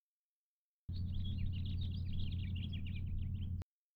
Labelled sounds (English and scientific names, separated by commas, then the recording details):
House Finch (Haemorhous mexicanus) song
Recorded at Hewlett Harbor on Long Island, New York, on 10 June 1975
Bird C